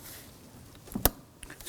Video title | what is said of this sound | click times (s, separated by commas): How to Replace Ignition Coil 2005-2009 Subaru Legacy 2.5L H4 | Snap that on. You want to make sure you hear that and feel it engage. | 1.0 s